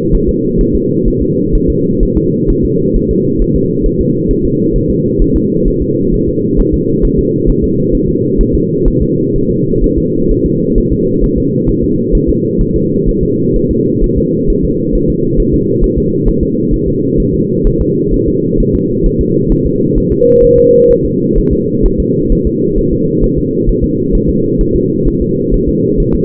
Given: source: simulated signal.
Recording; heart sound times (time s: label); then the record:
fetal heart sounds
0.15 s: S1
0.29 s: S2
0.61 s: S1
0.75 s: S2
1.08 s: S1
1.22 s: S2
1.55 s: S1
1.70 s: S2
2.03 s: S1
2.18 s: S2
2.50 s: S1
2.65 s: S2
2.97 s: S1
3.11 s: S2
3.42 s: S1
3.56 s: S2
3.86 s: S1
4.01 s: S2
4.31 s: S1
4.45 s: S2
4.76 s: S1
4.90 s: S2
5.22 s: S1
5.36 s: S2
5.68 s: S1
5.82 s: S2
6.14 s: S1
6.29 s: S2
6.60 s: S1
6.74 s: S2
7.05 s: S1
7.19 s: S2
7.50 s: S1
7.64 s: S2
7.95 s: S1
8.09 s: S2
8.41 s: S1
8.55 s: S2
8.88 s: S1
9.02 s: S2
9.36 s: S1
9.50 s: S2
9.84 s: S1
9.98 s: S2
10.31 s: S1
10.46 s: S2
10.78 s: S1
10.92 s: S2
11.24 s: S1
11.38 s: S2
11.69 s: S1
11.84 s: S2
12.15 s: S1
12.29 s: S2
12.61 s: S1
12.76 s: S2
13.09 s: S1
13.23 s: S2
13.56 s: S1
13.71 s: S2
14.04 s: S1
14.18 s: S2
14.50 s: S1
14.65 s: S2
14.95 s: S1
15.10 s: S2
15.40 s: S1
15.54 s: S2
15.84 s: S1
15.98 s: S2
16.28 s: S1
16.43 s: S2
16.74 s: S1
16.88 s: S2
17.20 s: S1
17.34 s: S2
17.67 s: S1
17.81 s: S2
18.14 s: S1
18.28 s: S2
18.60 s: S1
18.75 s: S2
19.06 s: S1
19.21 s: S2
19.52 s: S1
19.67 s: S2
19.98 s: S1
20.12 s: S2
20.44 s: S1
20.59 s: S2
20.91 s: S1
21.05 s: S2
21.38 s: S1
21.53 s: S2
21.86 s: S1
22.00 s: S2
22.32 s: S1
22.47 s: S2
22.78 s: S1
22.93 s: S2
23.24 s: S1
23.38 s: S2
23.69 s: S1
23.84 s: S2
24.15 s: S1
24.30 s: S2
24.61 s: S1
24.76 s: S2
25.08 s: S1
25.22 s: S2
25.54 s: S1
25.69 s: S2
26.00 s: S1
26.15 s: S2
From the record:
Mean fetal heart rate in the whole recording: 130 bpm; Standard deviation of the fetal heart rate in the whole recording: 4 bpm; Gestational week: 38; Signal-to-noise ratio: -11.2 dB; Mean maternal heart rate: 72 bpm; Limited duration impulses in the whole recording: present